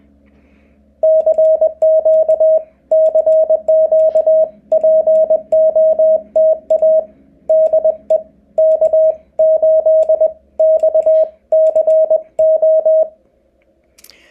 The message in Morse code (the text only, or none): CQ CQ POTA DE K8XCO